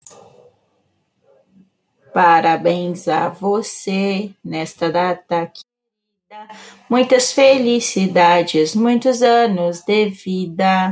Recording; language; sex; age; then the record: short text; Brazilian Portuguese; female; 30 to 39 years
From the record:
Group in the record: control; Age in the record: 38 years